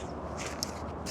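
The second of two plastic clips on a folded backpack cooler bag is fastened, and a crisp snap is heard at 0.6 s as it seats into place, finishing the fold. A steady low background rumble runs throughout.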